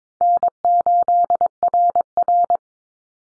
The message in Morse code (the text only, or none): N8RR